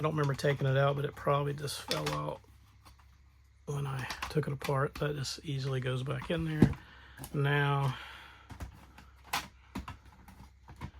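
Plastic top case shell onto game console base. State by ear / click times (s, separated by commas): not seated / none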